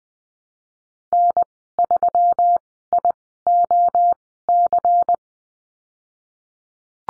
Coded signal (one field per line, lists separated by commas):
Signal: Morse code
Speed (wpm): 20 wpm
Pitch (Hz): 700 Hz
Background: none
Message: N3IOC